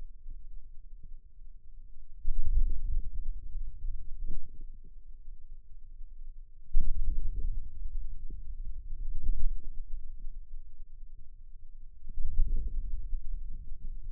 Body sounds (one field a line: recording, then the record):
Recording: forearm muscle sounds (acoustic myography)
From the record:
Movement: ulnar deviation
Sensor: system 2, bracelet of six BSWA MPA416 microphones around the upper forearm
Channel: 6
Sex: male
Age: 22 years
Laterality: right